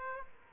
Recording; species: mosquito wingbeat signal from an infrared sensor; Aedes aegypti